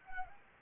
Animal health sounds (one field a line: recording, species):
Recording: mosquito wingbeat signal from an infrared sensor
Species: Anopheles gambiae